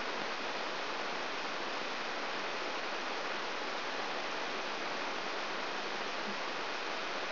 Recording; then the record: brain microelectrode recording played as sound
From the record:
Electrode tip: outside the subthalamic nucleus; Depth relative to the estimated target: 1 mm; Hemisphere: right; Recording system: AlphaMap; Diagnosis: Parkinson's disease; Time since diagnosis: 26 years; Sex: female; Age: 68 years